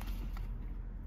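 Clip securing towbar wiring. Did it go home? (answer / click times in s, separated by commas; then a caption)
no / none. A clip is being worked fully around the towbar wiring on a T5.1 Caravelle Transporter during a 13-pin electrics fit, with brief handling sounds at 0.0 s and 0.4 s over low rumbling noise. The clip has not clicked or seated yet.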